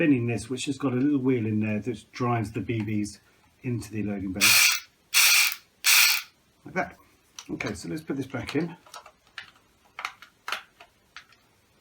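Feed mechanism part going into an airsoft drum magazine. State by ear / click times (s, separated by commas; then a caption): not seated / none. Someone talks while handling the motor and feed-wheel part of a CYMA airsoft AK drum magazine, putting it back into the magazine. Three loud bursts of broadband noise come around 4.4–6.2 s, followed by small handling taps between about 9.4 and 11.2 s. The clip ends before the part goes home, so nothing has seated or clicked into place yet.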